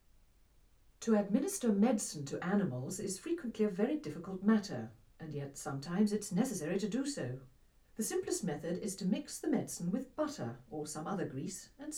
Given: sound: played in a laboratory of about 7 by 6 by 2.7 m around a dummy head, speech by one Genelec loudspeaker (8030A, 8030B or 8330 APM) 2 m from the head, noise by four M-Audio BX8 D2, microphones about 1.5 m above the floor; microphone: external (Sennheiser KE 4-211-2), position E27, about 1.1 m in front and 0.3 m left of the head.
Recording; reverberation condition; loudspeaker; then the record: female speech in English; low; 150 degrees to the left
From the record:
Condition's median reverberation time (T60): about 310 ms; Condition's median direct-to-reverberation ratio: about 3.5 dB